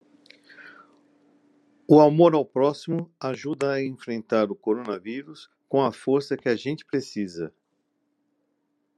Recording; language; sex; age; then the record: spoken sentence; Brazilian Portuguese; male; 50 to 59 years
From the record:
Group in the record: control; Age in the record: 54 years